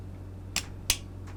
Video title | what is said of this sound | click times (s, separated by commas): Taurus TX22 Competition SCR Review [Optic Ready with ROMEO3 XL] Field Strip & Reassembly | you push your slide on you'll feel it click in and that's the barrel locking into the the frame | 0.6 s, 0.9 s